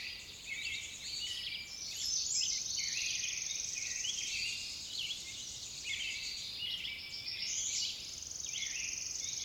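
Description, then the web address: Songbirds in dense chorus: rapid overlapping chirps, buzzy trills and whistled notes run without pause, forming a busy high-pitched twittering din. "Sounds of Nature Collection. Songbirds"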